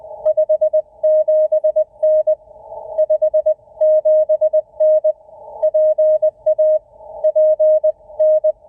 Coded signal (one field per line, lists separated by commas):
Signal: Morse code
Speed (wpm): 20 wpm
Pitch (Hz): 620 Hz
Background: none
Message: 57N 57N PA PN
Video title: CW POTA Activation from Upton Morgan State Forest